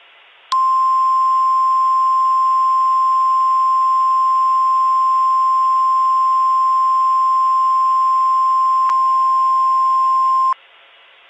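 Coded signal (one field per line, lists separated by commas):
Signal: Emergency Alert System (SAME) tones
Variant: 1050 Hz attention tone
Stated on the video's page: Fictional EAS scenario made as a collaboration.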